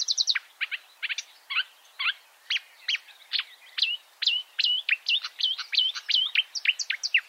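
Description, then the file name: Marsh warbler song: rapid sequence of sharp downslurred chips and whistles, then a run of repeated twangy rising notes, delivered continuously without long pauses. "suara kicauan burung marsh warbler. omkicau"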